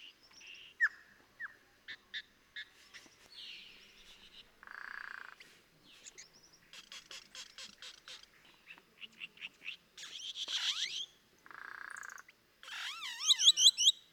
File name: Sonido Cacicus-cela